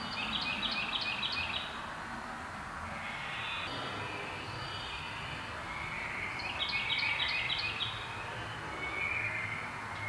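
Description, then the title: Bird giving two bursts of rapid, high chirped notes several seconds apart, over a rumbling, mechanical background noise. "Bird Pile"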